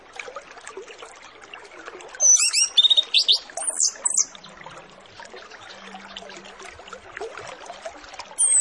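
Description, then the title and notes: Orange-headed Thrush song: a two-second run of very high, quick, twittering notes and thin slurred whistles, then quiet chattering background, with another phrase starting at the end. Lure recording of full song with fill-in phrases (isian), used to prompt Orange-headed Thrushes to start singing quickly (ngeplong). "Masteran Anis Kembang Full Isian Untuk Suara Pancingan Anis Kembang Agar Cepat Ngeplong. Suara Burung Anis Kembang"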